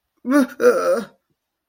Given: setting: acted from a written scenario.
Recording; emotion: vocal sound without words; distress